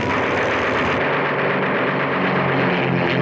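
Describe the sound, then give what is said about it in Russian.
Propeller fighter planes, all airborne after a signal flare, roar through an aerial dogfight of aerobatic maneuvers in a dense, continuous engine drone, loud and steady, with a low throbbing tone that climbs slightly in pitch toward the end. No voices. “В небо взвивается ракета, все самолеты в воздухе. Суматоха боя, беспрерывным танцем фигур высшего пилотажа мелькают силуэты крыльев.”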